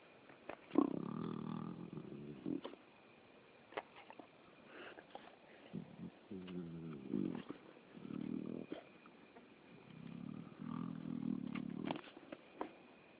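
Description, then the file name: Spotted hyena giving deep, rasping grunts in several separate bursts of one to two seconds, with short quiet gaps and faint clicking noises. "Spotted Hyena Grunting (Crocuta crocuta)"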